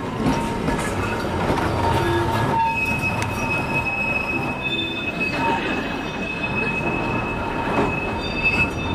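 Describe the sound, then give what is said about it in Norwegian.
A tram rolls in with a steady, loud rumble of wheels on rails, overlaid by sustained high-pitched metallic squeals that rise and shift as it moves along. No one speaks. “Og der kommer trikken.”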